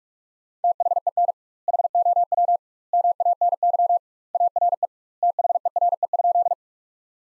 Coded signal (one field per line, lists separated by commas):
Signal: Morse code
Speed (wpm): 46 wpm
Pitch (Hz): 700 Hz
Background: none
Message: THEN HOW MANY ARE THERE?